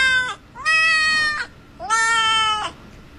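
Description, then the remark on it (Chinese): Three cat meows played back in a row by a cat-language translator app, its translation of the spoken phrase "welcome to listen to Lianyihui": a short first call, then two longer, drawn-out ones with a steady, bright, buzzy tone and brief gaps between them, with no talking. “猫语比我们简洁呀。欢迎收听联谊会，这么多字它叫三下就解决了。”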